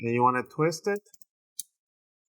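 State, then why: Released. An opening tool is wedged into the gap between the plastic bottom case and the chassis of an HP ProBook 450 G9 laptop and twisted so the plastic snap clips of the bottom cover release. Someone talks for the first second, then a few faint ticks follow and a single sharp click at 1.6 s marks a clip releasing. The bottom case clips click open as intended.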